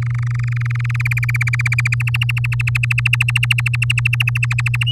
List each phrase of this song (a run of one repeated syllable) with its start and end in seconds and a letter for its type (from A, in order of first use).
0.02-1.02 A, 1.05-1.75 B, 1.78-4.84 C